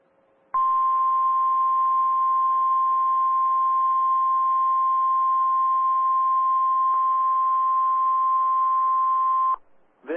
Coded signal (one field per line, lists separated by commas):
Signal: Emergency Alert System (SAME) tones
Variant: 1050 Hz attention tone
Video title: weekly tests lacrosse did eas102-106 eas alerts from 1/26/22